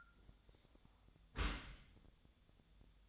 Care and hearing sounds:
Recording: daily activity, microphone in the room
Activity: close dishwasher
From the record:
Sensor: 3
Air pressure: 1004.6 hPa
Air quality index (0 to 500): 109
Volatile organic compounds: 5 ppm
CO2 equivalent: 1706 ppm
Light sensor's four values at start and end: 7/17/7/6 and 7/17/7/6

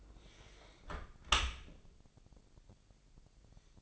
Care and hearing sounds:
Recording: daily activity, microphone in the room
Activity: close dishwasher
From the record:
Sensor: 5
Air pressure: 1000.5 hPa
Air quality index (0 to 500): 249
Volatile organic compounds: 35 ppm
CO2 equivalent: 3058 ppm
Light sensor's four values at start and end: 31/71/28/26 and 31/71/28/27

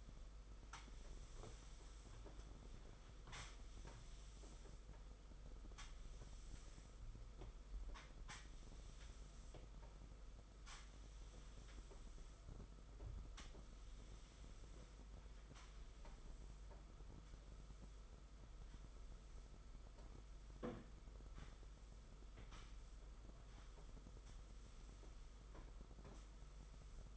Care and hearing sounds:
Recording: daily activity, microphone in the room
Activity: sweep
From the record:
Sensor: 5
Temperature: 22.1 degrees Celsius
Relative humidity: 50.0%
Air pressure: 991.5 hPa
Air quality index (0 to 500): 120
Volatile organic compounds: 44 ppm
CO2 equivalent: 3207 ppm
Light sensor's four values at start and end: 41/128/49/52 and 42/133/50/54

